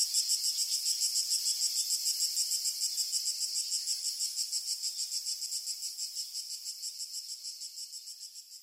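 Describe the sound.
Crickets giving a high, rapidly pulsed chirping, roughly three pulses each second, fading gradually quieter toward the end.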